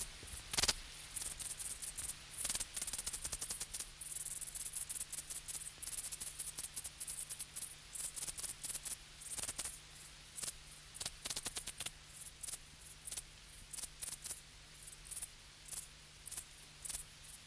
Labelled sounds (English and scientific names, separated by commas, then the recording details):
Dark Bush-cricket (Pholidoptera griseoaptera) stridulation
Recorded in the wild
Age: imago
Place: Treuchtlingen, Heumöderntal, Bayern, DE
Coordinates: 48.96, 10.91
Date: 1993-08-30 20:10
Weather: bedeckt (auch Regen) 13°C
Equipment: Marantz CP 430, Sennheiser MKH 416 T, Kopie Uher Variocord 263
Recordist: Tembrock, Günter